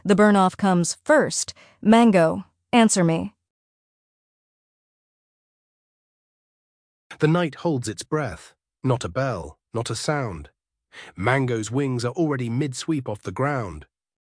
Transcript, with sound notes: the burn-off comes FIRST. Mango — answer me."
(silence — two blank lines)
The night holds its breath. Not a bell. Not a sound.
Mango's wings are already mid-sweep off the ground.